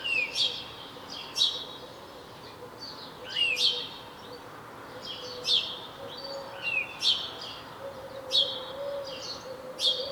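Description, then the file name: House sparrow chirping steadily, many bright notes throughout. "Passer domesticus"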